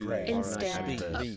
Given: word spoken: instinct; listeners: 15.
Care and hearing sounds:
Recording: one English word in noise, from a listening test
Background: four-talker babble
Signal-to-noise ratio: -0.9 dB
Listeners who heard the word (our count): 1 of 15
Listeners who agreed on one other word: 8 of 15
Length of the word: 0.97 s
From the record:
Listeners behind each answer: 8, 6, 1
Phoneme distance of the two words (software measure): 34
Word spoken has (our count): 2 syllables, 8 phonemes, stress on syllable 1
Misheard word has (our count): 2 syllables, 6 phonemes, stress on syllable 2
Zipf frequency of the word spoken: 4.01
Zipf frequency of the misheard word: 4.91

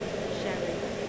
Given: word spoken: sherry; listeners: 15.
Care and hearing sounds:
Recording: one English word in noise, from a listening test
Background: speech-shaped noise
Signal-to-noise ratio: -6.9 dB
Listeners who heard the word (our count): 4 of 15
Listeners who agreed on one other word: 6 of 15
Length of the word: 0.69 s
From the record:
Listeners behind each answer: 6, 4, 3, 1, 1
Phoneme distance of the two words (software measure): 10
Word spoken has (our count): 2 syllables, 4 phonemes, stress on syllable 1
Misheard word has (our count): 2 syllables, 4 phonemes, stress on syllable 1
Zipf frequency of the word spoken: 3.73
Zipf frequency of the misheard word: 4.23

